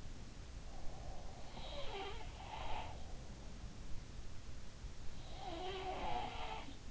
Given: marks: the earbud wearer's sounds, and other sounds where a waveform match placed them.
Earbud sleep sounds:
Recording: sounds in sleep by an in-ear microphone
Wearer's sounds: breath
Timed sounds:
0.49-1.82 s: breath
1.40-3.80 s: sound from someone else or the room
5.11-6.91 s: sound from someone else or the room

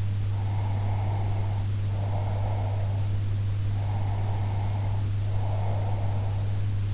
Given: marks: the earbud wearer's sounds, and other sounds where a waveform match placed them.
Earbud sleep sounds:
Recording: sounds in sleep by an in-ear microphone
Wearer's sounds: breath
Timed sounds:
0.36-3.11 s: breath
3.82-6.53 s: breath

